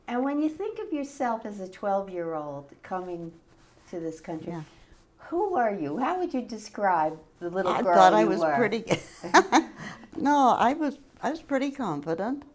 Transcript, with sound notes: And when you think of yourself as a twelve year old, coming to this country, who were you? How would you describe the little girl you were?
I thought I was pretty good. (Laughs) No, I was – I was pretty confident.